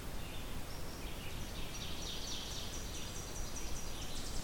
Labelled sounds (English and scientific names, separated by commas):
Ovenbird (Seiurus aurocapilla) song